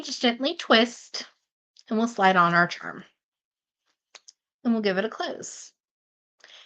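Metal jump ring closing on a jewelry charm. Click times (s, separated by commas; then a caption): 6.4 s. Someone talks while twisting open a 6 mm metal jump ring, sliding on a ghost charm, and twisting the ring back closed. At 6.4 seconds a small click is heard as the jump ring closes, showing the charm is secure.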